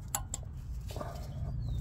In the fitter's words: That's it. Clip. You hear the click? That's it. It's already in, and that's already in.